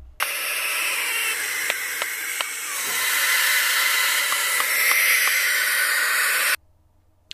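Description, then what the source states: Barn Owl screech: one long, harsh hissing rasp held for about six seconds, broad and noisy, with several faint clicks during it. Played recording; described as a pretty rough screeching noise.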